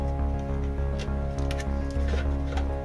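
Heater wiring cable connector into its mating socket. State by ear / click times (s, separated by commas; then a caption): not seated / none. A heater wiring cable connector is pushed back toward its mating socket while a diesel air heater is being installed in a camper van. Steady music with a low hum plays throughout, with a few brief handling sounds and a sharper tap near 1.5 s. The clip ends before the connector goes home, so nothing has seated or clicked yet.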